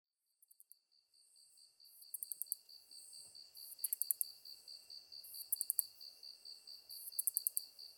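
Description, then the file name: Katydid song: after a quiet start, clusters of rapid sharp ticks recur regularly above a hissy buzz and a steadily pulsing insect chorus. Recorded 23 August 2010 at 21:33. "ezotuyumusi 20100823-2133"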